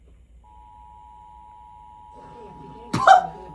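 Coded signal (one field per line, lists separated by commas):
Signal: Emergency Alert System (SAME) tones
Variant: 853 and 960 Hz attention tone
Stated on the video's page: Failed monthly test in Sacramento, including an abort on a radio station.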